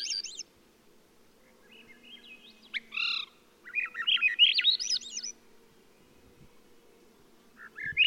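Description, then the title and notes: Swainson's Thrush song with short flutey phrases rising in spirals, separated by pauses and a brief nasal note, another phrase beginning at the end. "Swainson's Thrush. Macaulay Library at Cornell Lab of Ornithology"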